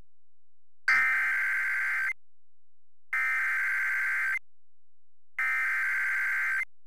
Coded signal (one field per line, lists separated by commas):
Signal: Emergency Alert System (SAME) tones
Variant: header bursts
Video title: EAS #0003 | 9/1/21 WKVP Camden, NJ EAS Hurricane Ida Alerts Part 3